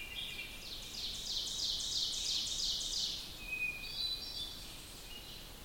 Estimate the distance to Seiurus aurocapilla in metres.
about 45 m